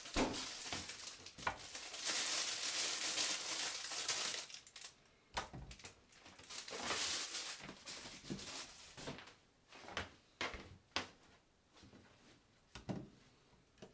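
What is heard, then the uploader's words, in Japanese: Tomato sauce pasta being made: a bright, hissing sizzle swells through the first half, easing briefly near five seconds before returning. After about nine seconds it thins into scattered sharp knocks, taps and crinkling, like utensils and packaging handled between quieter pauses. 環境音 トマトソースパスタの一部始終。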